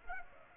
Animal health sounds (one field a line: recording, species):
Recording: mosquito wingbeat signal from an infrared sensor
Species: Culex pipiens